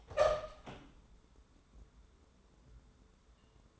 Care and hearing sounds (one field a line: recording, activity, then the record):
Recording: daily activity, microphone in the room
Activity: open door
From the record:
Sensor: 3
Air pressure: 1015.2 hPa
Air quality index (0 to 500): 180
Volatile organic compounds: 17 ppm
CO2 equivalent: 2588 ppm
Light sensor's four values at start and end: 11/30/11/12 and 11/30/11/12